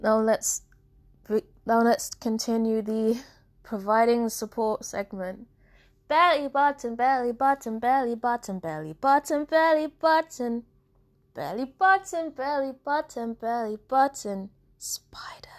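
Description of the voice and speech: Adult woman speaking, her sentence broken off by vocal tics of Tourette syndrome, which has progressed to learned words: she repeats "belly button" eight times in quick runs, then says "spiders", words unintentional and unrelated to what she is saying, before resuming speech.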